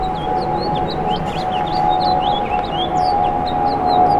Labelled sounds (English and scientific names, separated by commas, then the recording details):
House Finch (Haemorhous mexicanus) song
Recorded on Long Island, New York, on 17 April 2012
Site GW
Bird A